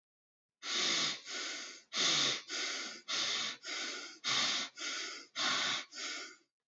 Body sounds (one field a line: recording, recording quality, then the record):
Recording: shallow breathing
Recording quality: excellent, no background noise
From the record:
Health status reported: healthy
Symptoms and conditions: hypertension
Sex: male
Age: 35 years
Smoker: not ticked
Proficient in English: yes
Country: Canada